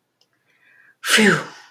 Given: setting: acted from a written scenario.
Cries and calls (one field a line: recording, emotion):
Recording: vocal sound without words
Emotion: relief